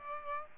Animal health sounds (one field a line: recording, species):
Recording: mosquito wingbeat signal from an infrared sensor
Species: Aedes aegypti